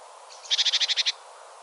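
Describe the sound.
Great tit giving a harsh churring call of about eight rapid buzzy notes, over steady background noise.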